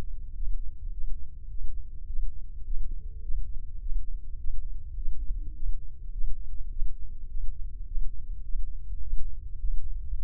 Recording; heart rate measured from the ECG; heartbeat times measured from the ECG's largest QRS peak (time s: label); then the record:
heart sounds by microphone in the left ear; 104 bpm
0.34 s: heartbeat
0.91 s: heartbeat
1.48 s: heartbeat
2.07 s: heartbeat
2.65 s: heartbeat
3.22 s: heartbeat
3.80 s: heartbeat
4.38 s: heartbeat
4.96 s: heartbeat
5.54 s: heartbeat
6.12 s: heartbeat
6.70 s: heartbeat
7.28 s: heartbeat
7.86 s: heartbeat
8.43 s: heartbeat
9.01 s: heartbeat
9.58 s: heartbeat
10.15 s: heartbeat
From the record:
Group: healthy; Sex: male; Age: 35 years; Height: 178 cm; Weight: 64 kg